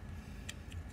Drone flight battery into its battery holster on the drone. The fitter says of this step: looks like it just clicks right in